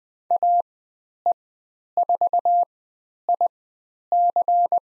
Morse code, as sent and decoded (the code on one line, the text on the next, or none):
.- . ....- .. -.-.
AE4IC